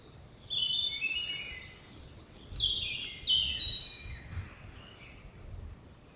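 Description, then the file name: European robin song, a thin high opening note followed by jumbled sweet warbling phrases and trills that shift pitch, fading into softer notes; quiet low rumble beneath. "Erithacus rubecula"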